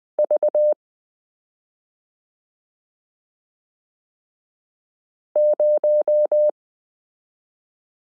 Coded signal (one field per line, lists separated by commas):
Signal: Morse code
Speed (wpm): 20 wpm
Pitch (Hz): 600 Hz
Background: none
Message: V0